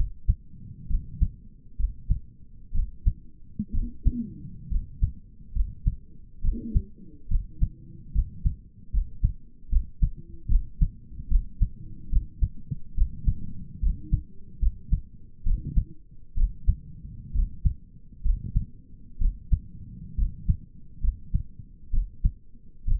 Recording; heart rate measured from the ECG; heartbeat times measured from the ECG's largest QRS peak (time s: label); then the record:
heart sounds by stethoscope; 68 bpm
0.90 s: heartbeat
1.79 s: heartbeat
2.74 s: heartbeat
3.74 s: heartbeat
4.71 s: heartbeat
5.55 s: heartbeat
6.43 s: heartbeat
7.30 s: heartbeat
8.14 s: heartbeat
8.93 s: heartbeat
9.71 s: heartbeat
10.50 s: heartbeat
11.30 s: heartbeat
12.12 s: heartbeat
12.97 s: heartbeat
13.82 s: heartbeat
14.61 s: heartbeat
15.46 s: heartbeat
16.37 s: heartbeat
17.35 s: heartbeat
18.25 s: heartbeat
19.21 s: heartbeat
20.18 s: heartbeat
21.03 s: heartbeat
21.93 s: heartbeat
22.87 s: heartbeat
From the record:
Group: healthy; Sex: male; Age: 22 years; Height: 181 cm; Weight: 79 kg